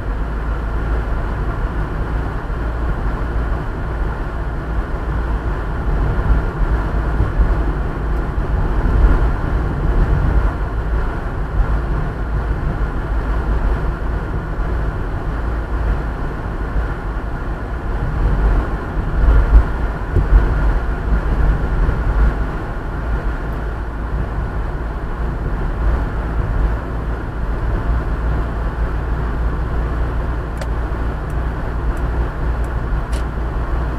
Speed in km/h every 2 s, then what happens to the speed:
43, 44, 43, 43, 43, 44, 43, 44, 45, 43, 44, 44, 45, 46, 46, 46, 46.
0-34 steady at about 44.